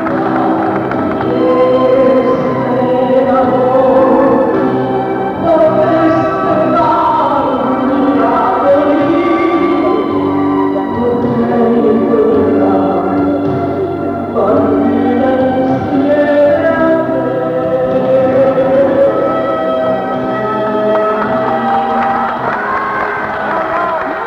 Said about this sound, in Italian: Ecco, sentite dal calore degli applausi, dalla veemenza degli applausi, quello che poteva essere un po' l'atmosfera dentro il Teatro Carcano ieri sera.